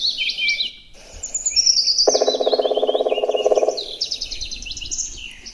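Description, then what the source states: Black Woodpecker drum roll: rapid, evenly spaced taps, while other birds keep singing high chirping and trilling phrases around it. Drumming, played from a recording; in woodpeckers drumming serves in spring as song does in songbirds: marking territory and attracting a partner.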